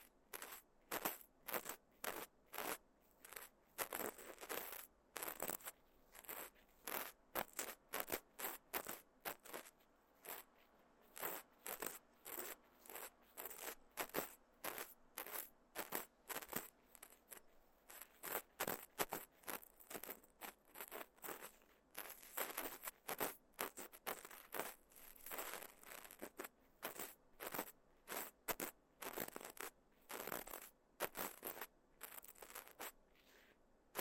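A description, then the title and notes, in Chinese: Ear cleaning with a feathery bonten and horsehair brush: quick, bright scratchy rustles come in dense, uneven bursts for the whole 34 seconds. Short strokes crowd together with only brief pauses between them, over a faint low hum. ASMR×KU100。掏耳．梵天．馬尾絲。Deep Ear Cleaning。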